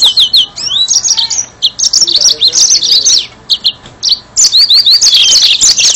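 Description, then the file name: Yellow-fronted canary delivering rapid, varied high warbles and chirps, ending with a series of repeated rising slurs and dense twittering. "mozambik"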